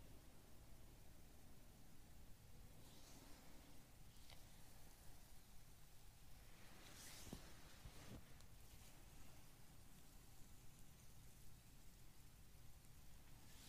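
Hands rub steadily over skin during an arm massage, a soft, continuous brushing rustle at an even level. A low, constant hum sits underneath, with brighter swishing strokes around three, seven and eight seconds, and a few faint clicks.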